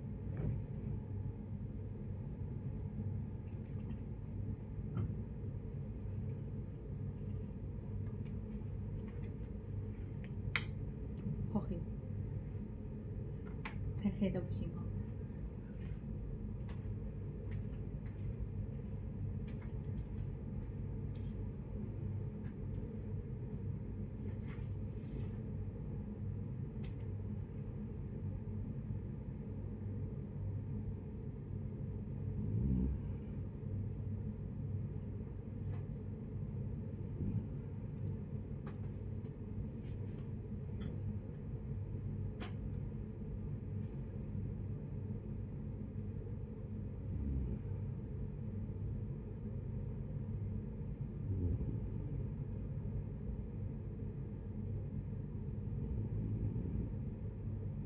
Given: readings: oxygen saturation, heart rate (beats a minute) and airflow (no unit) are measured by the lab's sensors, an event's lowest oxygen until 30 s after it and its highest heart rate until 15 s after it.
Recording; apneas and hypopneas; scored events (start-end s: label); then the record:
breathing in sleep by a smartphone at the bedside; none
0.00-33.00 s: awake
24.00-57.86 s: new sleep stage, N1 (lightest sleep)
From the record:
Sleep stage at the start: awake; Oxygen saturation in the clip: 92 to 95%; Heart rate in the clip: 63 to 72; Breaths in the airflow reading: 13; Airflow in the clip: -10.4 to 9.8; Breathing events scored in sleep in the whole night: 496 in 5.4 hours asleep